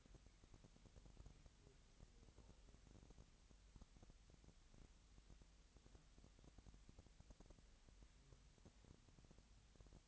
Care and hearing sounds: daily activity, microphone in the room; wipe stove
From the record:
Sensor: 3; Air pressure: 1003.3 hPa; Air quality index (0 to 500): 198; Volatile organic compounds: 6 ppm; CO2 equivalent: 1941 ppm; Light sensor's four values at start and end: 9/21/9/9 and 9/21/9/9

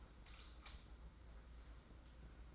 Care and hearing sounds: daily activity, microphone in the room; light off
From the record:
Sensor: 3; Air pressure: 991.9 hPa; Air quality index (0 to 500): 219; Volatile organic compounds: 1000 ppm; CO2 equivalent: 7510 ppm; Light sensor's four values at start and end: 24/63/26/23 and 16/38/15/14

